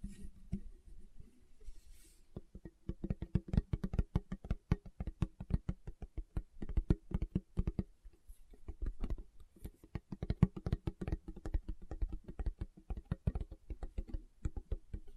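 Fingertips tap rapidly and irregularly on a surface, producing dense clusters of short, dull knocks with a low, thumping body. The tapping starts sparse, grows busy after about two seconds, pauses briefly near eight seconds, then continues in uneven bursts.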